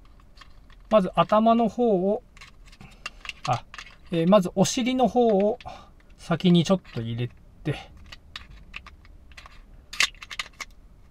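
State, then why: Not seated. A camera battery is handled and eased, tail end first, into the battery holder of a Meike MK-A6500Pro battery grip for the a6500 while someone talks. Soft plastic taps and scrapes sound between the words, with a sharper knock near 10.0 s. Nothing has seated or clicked yet.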